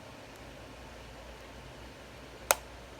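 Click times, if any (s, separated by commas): 2.5 s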